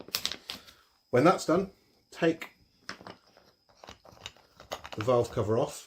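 After the clip has been used, the plastic zip seal of a vacuum storage bag is re-checked by pinching along it, because one section had not fully engaged. Short clicks at about 0.2 s and 0.3 s mark that section pressing shut and seating, with further crinkling after. Someone talks throughout.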